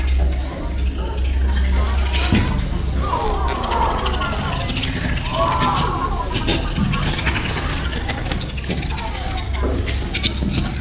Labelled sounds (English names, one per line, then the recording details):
Bonobo
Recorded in captivity
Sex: male
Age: juvenile
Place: Tiergarten Wilhelma/Stuttgart, Baden-Württemberg, DE
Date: 1996-09-21 14:15
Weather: sunny, 16°C
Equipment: Sony MD-WM MZ-R3, Sennheiser ME 80, Kopie Uher 4000 Report Monitor
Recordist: Wendland-Tembrock, Sylvia